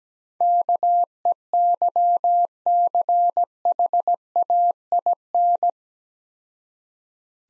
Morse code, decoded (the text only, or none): KEYCHAIN